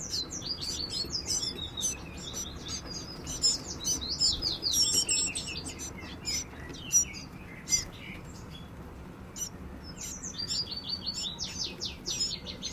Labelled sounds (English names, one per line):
Common Chiffchaff